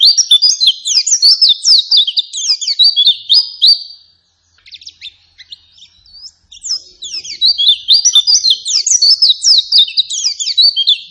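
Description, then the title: White-eye song, two long runs of rapid high twittering notes, scratchy and varied, separated by a brief gap of sparse chirps. Energetic, insistent white-eye song used as a lure to make other white-eyes respond and answer. "Pleci Gacor. Apapun plecinya AKAN LANGSUNG MERESPON dan NYAUT dengan pancingan pleci ngotot ini"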